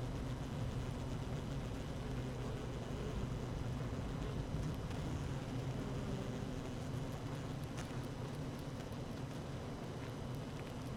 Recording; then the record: honeybee colony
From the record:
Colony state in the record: active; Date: 12 June 2018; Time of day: 12:29